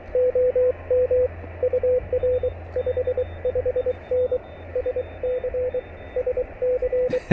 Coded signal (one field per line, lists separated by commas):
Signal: Morse code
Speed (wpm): 23 wpm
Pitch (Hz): 500 Hz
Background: radio noise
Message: OM UR 55N SC SC